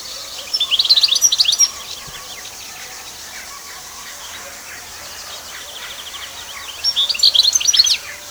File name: Canary Voice